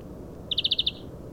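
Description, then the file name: European greenfinch call: a quick burst of six short, evenly spaced chirps rattled off in under half a second, over a faint low background hum. "Chloris chloris"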